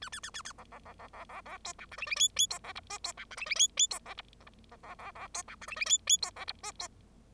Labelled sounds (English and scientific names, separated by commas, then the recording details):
Bengalese Finch (Lonchura striata domestica) song
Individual Bird0